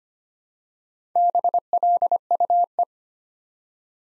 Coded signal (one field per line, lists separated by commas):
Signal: Morse code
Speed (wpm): 25 wpm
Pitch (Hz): 700 Hz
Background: none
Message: BLUE